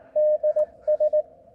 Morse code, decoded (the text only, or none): DS